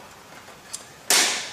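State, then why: Seated. A plastic retainer that holds the center gear of an E46 convertible's top drive mechanism is pushed straight back down onto its mount, because the center gear pops off if it isn't seated correctly. A faint tick comes at 0.8 s, then a sharp, loud snap at 1.1 s that rings briefly as the retainer seats and holds in place.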